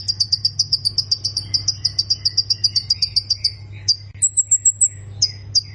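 Plain prinia singing a rapid string of high, clipped notes, broken by a short higher-pitched series before the lower notes resume. A low hum runs underneath.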